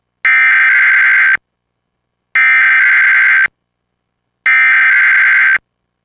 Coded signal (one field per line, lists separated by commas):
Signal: Emergency Alert System (SAME) tones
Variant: header bursts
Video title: WDFA Required Weekly Test (EAS #67)